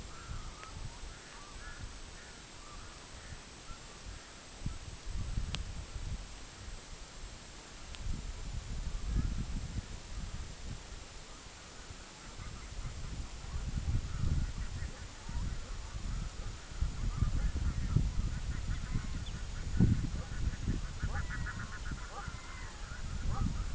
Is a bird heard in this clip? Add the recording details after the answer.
yes. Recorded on Arctic tundra, site EABA-MC, on 24 June 2019. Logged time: 12:00